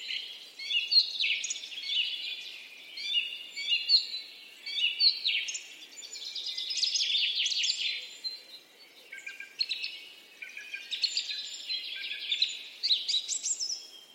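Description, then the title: Birds: many high chirps and twittering phrases, rising and falling in loudness over about fourteen seconds. "Birds Singing - Birds Chirping"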